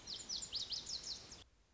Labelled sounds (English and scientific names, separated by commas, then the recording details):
Lazuli Bunting (Passerina amoena)
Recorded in Sonoma County, California